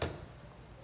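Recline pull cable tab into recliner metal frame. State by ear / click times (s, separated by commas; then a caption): seated / 0.0 s. The metal tab on a manual recliner's recline pull cable is pushed down into the recliner's metal frame and snaps in with a sharp click at 0.0 s. Only a low, steady background hum follows. The tab is clipped in place and the cable replacement is done.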